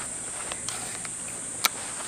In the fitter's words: 여기도 탁 소리 나게.